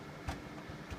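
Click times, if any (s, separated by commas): none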